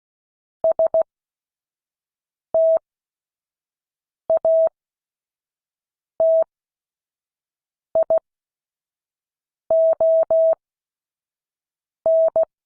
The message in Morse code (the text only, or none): STATION